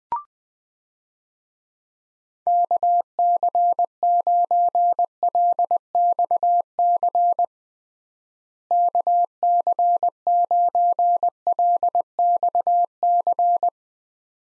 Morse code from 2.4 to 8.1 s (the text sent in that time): KC9LXC